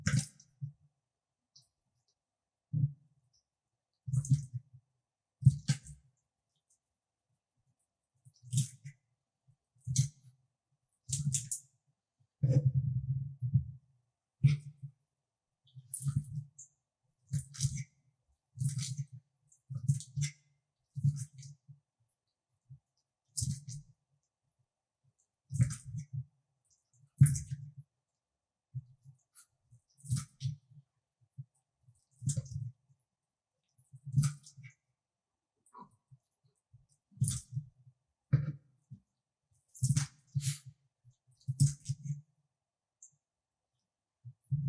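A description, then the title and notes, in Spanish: Hydrogel balls being smashed with a fork: short, soft squelching thumps paired with thin, bright clicks, arriving irregularly about once a second or in quick pairs. Near-silent gaps separate each hit, and the rhythm stays uneven throughout. Destruyendo Bolas De Hidrogel (Orbeez). Destruir bolas de gel, hidrogel u orbeez con el tenedor.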